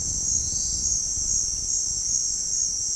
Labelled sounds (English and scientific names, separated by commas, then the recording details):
none
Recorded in pastures near Puerto Asís, Putumayo, Colombia, on 29 June 2025 at 16:30
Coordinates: 0.466, -76.322
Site GP07